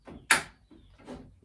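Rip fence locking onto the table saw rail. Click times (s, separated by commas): 0.3 s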